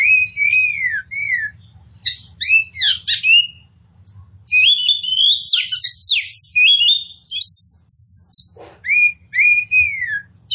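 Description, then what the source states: Oriental magpie-robin giving arched whistled notes and buzzy clustered phrases, pausing briefly before a lively run of varied whistles and chatters. Local name kacer poci; described as gacor, meaning singing vigorously and continuously.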